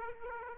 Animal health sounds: mosquito wingbeat signal from an infrared sensor; Aedes aegypti

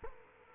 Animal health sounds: mosquito wingbeat signal from an infrared sensor; Culex quinquefasciatus

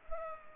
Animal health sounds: mosquito wingbeat signal from an infrared sensor; Culex pipiens

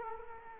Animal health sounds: mosquito wingbeat signal from an infrared sensor; Culex quinquefasciatus

